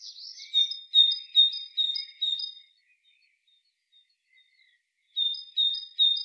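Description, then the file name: Great tit song: a bright repeated two-note phrase, high then lower, given about five times, a pause, then three more repetitions; clean quiet background. "Parus major"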